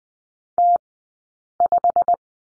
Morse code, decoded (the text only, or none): T5